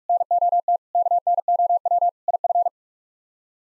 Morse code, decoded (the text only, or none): NOT KNOW IF